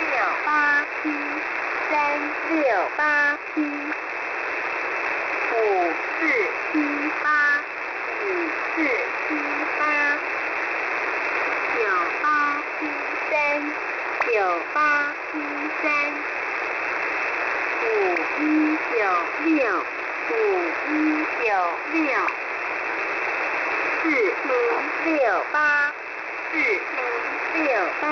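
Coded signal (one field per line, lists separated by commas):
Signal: numbers station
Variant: V13, Chinese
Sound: voice reading Chinese digit groups over constant radio hiss, some repeated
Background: radio static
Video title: V13 New Star Broadcasting 10/06/2024 1230 UTC 13974kHz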